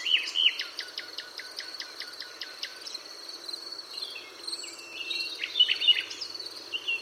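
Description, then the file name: Common nightingale song: a quick series of repeated sharp notes, followed by softer varied phrases, under a constant hiss of insects or background noise. "Luscinia megarhynchos"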